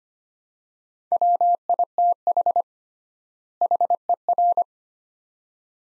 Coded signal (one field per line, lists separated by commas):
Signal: Morse code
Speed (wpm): 25 wpm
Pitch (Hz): 700 Hz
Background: none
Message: WITH HER